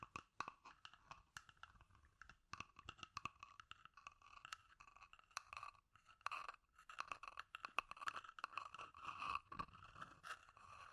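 Scratchy tapping runs through the whole clip as a dense, irregular stream of short dry clicks and crunchy scrapes, like something being chewed or gnawed. A bright, scratchy hiss stays steady underneath, and the taps come in uneven bursts with brief pauses near 2.5 and 6.5 seconds.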